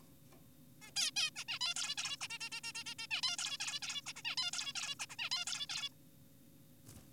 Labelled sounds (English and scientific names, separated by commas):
Zebra Finch (Taeniopygia guttata)